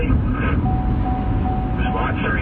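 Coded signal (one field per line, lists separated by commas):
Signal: none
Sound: vehicle warning beeps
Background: speech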